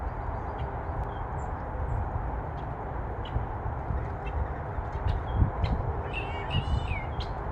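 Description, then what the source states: Birds giving scattered high, thin chirps, with a louder burst of twittering notes near the end, over a steady low rumble of traffic. Birds chirping, with a freeway far in the background.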